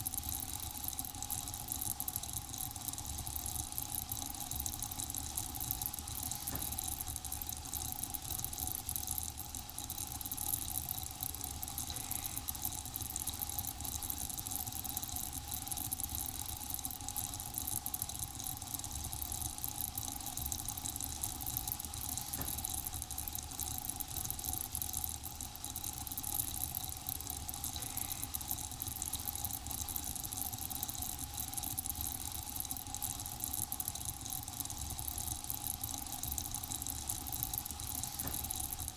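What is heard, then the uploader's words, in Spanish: Soda fizzes in a steady, dense hiss that stays bright and unchanging for the whole clip. Underneath runs a constant low hum with a thin, steady tone, like a machine idling. A few faint ticks stand out briefly, around 6, 12 and 22 seconds. Sonido Burbujeante. Sonido de soda relajante.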